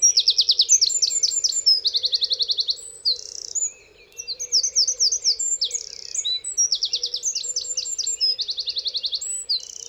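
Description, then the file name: Eurasian wren song, loud, very high, rapid trills and sharp runs of notes, several phrases running almost without pause, over a steady low hum. "Troglodytes troglodytes"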